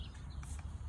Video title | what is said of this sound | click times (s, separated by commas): Outdoor Effects Ltd Training | It will click in just by pushing. | 0.4 s